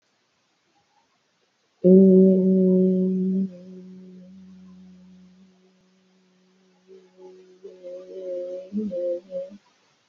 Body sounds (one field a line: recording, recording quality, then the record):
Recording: sustained vowel as in made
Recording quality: moderate, slight background noise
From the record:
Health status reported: healthy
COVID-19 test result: negative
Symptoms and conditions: none ticked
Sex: female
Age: 37 years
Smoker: yes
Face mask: not worn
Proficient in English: yes